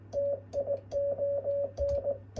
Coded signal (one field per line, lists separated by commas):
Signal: Morse code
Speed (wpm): 19 wpm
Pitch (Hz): 560 Hz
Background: none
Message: TION